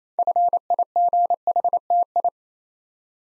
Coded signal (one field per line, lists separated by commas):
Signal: Morse code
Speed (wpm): 27 wpm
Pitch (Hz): 700 Hz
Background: none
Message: FIGHTI